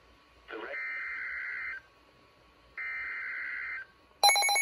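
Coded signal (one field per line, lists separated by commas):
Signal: Emergency Alert System (SAME) tones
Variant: header bursts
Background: speech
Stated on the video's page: Severe Thunderstorm Warning received on NOAA Weather Radio.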